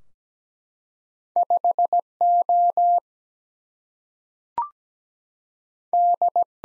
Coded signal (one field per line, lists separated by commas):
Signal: Morse code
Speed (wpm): 17 wpm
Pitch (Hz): 700 Hz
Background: none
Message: 5 O D